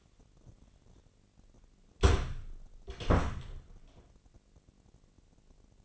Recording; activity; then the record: daily activity, microphone in the room; close door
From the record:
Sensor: 4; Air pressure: 1013.2 hPa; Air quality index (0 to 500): 178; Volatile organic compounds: 2 ppm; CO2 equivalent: 1122 ppm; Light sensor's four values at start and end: 100/252/104/111 and 74/180/76/77